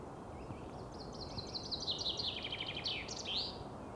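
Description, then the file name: Common chaffinch song of cascading chipped notes that slide downward and finish in a twisting end phrase, over a steady low background noise. "Fringilla coelebs"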